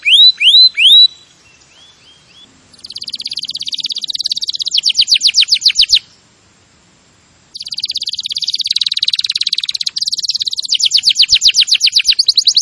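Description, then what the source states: Canary song: a few loud swooping whistles, some softer notes, then long buzzy rattling trills broken by a short silence and resuming. Canary singing vigorously and continuously (gacor).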